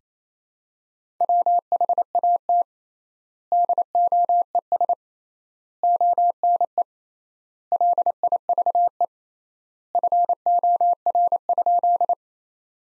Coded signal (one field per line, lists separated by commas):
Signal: Morse code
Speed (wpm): 28 wpm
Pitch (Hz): 700 Hz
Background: none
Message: WHAT DOES ONE LIVE FOR?